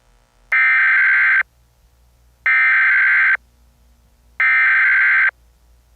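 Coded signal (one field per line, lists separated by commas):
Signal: Emergency Alert System (SAME) tones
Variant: header bursts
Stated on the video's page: Fictional EAS scenario; simulated, not a real alert.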